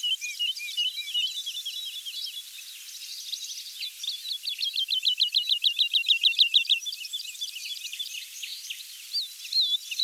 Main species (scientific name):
Lullula arborea